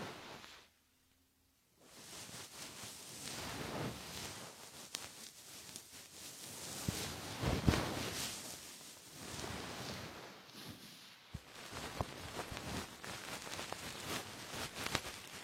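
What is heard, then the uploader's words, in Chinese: Gentle ear cleaning with a soft feather stick: soft, hissy brushing strokes swell and fade in slow waves. After a brief silence near the start, the rustling runs steadily, broken by a sharp tap around eight seconds and another near eleven. 温柔的鹅毛棒！耳朵清洁。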